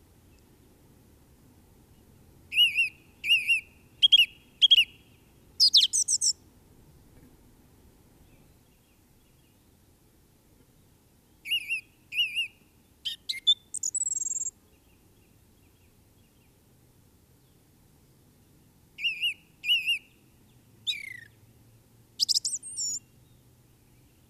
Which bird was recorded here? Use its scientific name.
Turdus philomelos